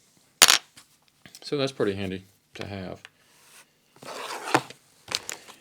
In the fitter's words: barely catch the pin with the flat that we made on the end and you shove it forward you'll hear it pop